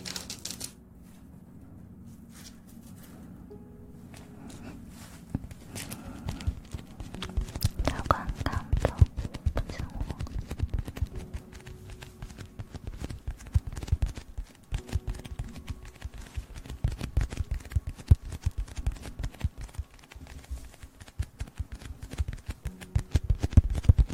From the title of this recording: eating sugar, aloe vera gel ear massage